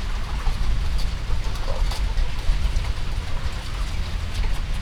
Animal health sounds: poultry house recording; healthy chickens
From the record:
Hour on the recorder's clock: 14

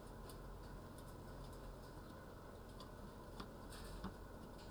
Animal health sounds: poultry house recording; healthy chickens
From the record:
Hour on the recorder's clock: 9

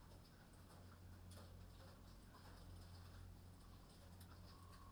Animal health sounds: poultry house recording; healthy chickens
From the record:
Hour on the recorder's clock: 23

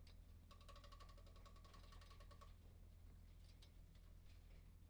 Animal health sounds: poultry house recording; no chicken sound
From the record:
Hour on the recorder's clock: 14

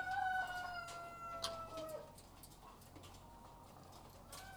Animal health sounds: poultry house recording; sick chickens (respiratory disease)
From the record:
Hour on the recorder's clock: 12

